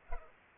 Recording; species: mosquito wingbeat signal from an infrared sensor; Culex pipiens